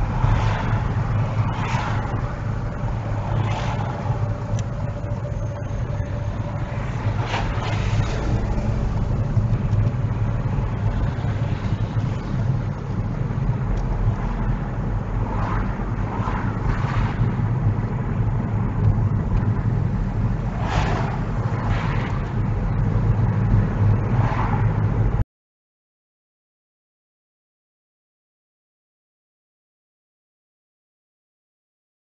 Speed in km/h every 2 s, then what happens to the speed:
15, 13, 11, 11, 15, 19, 24, 27, 26, 24, 27, 31, 34, 32, 29, 31.
0-6 steady at about 11. 6-13 speeds up to 27. 13-19 steady at about 26. 19-24 speeds up to 34. 24-32 steady at about 31.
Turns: none.